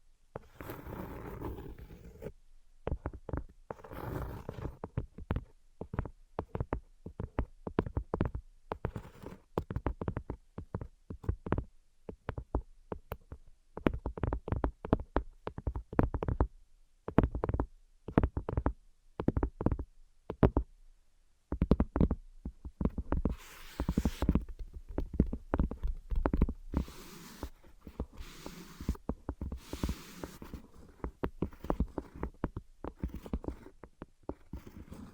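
Invisible tapping and scratching: dense, irregular taps and soft scrapes throughout, with brief gaps, growing brighter and busier after about twenty-three seconds.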